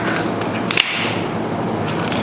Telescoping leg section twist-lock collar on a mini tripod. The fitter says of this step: aan so naka-lock na ulit siya